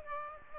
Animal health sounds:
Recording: mosquito wingbeat signal from an infrared sensor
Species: Aedes aegypti

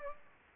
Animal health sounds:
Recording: mosquito wingbeat signal from an infrared sensor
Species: Aedes aegypti

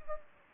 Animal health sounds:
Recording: mosquito wingbeat signal from an infrared sensor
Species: Anopheles gambiae

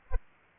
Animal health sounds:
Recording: mosquito wingbeat signal from an infrared sensor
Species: Aedes aegypti

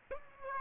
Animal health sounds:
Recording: mosquito wingbeat signal from an infrared sensor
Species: Aedes aegypti

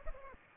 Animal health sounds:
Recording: mosquito wingbeat signal from an infrared sensor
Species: Aedes aegypti

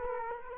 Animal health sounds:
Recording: mosquito wingbeat signal from an infrared sensor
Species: Culex quinquefasciatus

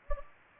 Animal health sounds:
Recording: mosquito wingbeat signal from an infrared sensor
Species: Anopheles gambiae

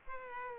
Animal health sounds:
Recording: mosquito wingbeat signal from an infrared sensor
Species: Culex pipiens

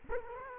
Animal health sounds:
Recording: mosquito wingbeat signal from an infrared sensor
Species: Culex quinquefasciatus

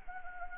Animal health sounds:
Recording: mosquito wingbeat signal from an infrared sensor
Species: Anopheles gambiae

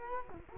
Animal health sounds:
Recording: mosquito wingbeat signal from an infrared sensor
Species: Culex quinquefasciatus

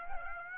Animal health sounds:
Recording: mosquito wingbeat signal from an infrared sensor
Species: Aedes aegypti

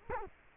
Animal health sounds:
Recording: mosquito wingbeat signal from an infrared sensor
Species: Culex quinquefasciatus

